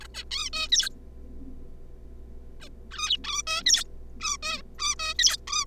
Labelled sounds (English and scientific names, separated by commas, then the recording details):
Zebra Finch (Taeniopygia guttata)
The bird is a juvenile
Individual R3549